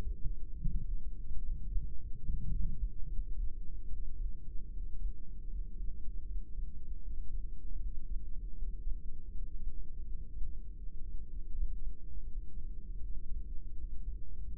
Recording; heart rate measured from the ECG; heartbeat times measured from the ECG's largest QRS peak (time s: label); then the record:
heart sounds by microphone in the right ear; 77 bpm
0.58 s: heartbeat
1.42 s: heartbeat
2.25 s: heartbeat
3.08 s: heartbeat
3.90 s: heartbeat
4.70 s: heartbeat
5.49 s: heartbeat
6.26 s: heartbeat
7.03 s: heartbeat
7.79 s: heartbeat
8.55 s: heartbeat
9.30 s: heartbeat
10.05 s: heartbeat
10.48 s: heartbeat
11.52 s: heartbeat
12.25 s: heartbeat
13.00 s: heartbeat
13.76 s: heartbeat
14.53 s: heartbeat
From the record:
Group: heart failure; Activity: breath hold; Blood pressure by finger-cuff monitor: 87/63 mmHg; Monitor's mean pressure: 71 mmHg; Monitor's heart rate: 74 bpm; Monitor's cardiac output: 3.4 L/min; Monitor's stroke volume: 43 mL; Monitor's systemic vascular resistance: 1520 dyn s/cm5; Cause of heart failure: ischemic heart disease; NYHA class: 2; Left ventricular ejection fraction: 34%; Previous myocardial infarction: present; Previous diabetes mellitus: present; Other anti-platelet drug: present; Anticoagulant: apixaban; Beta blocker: bisoprolol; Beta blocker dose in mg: 10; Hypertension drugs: sacubitril-valsartan, spironolactone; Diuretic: furosemide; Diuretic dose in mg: 40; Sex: male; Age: 57 years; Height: 149 cm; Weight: 44.5 kg